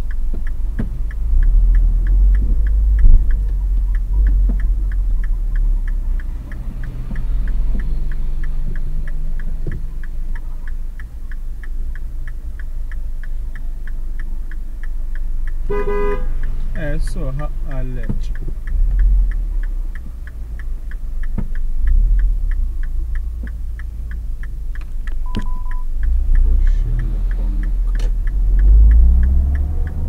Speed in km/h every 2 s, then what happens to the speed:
10, 13, 7, 0, 0, 0, 0, 0, 0, 0, 3, 8, 6, 11, 20.
3-5 brakes to 0. 5-18 standing. 18-21 pulls away to 8. 24-30 speeds up to 20.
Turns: none.